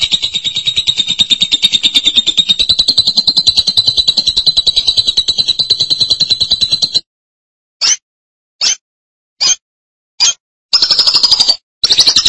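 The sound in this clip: Lovebird song: long rapid buzzy chattering trill, then a series of short separate chirps and brief bursts.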